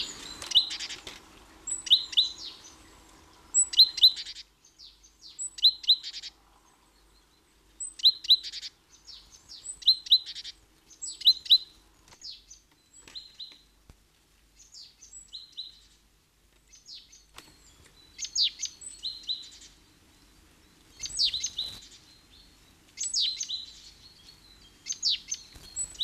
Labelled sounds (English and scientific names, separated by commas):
Marsh Tit (Poecile palustris) call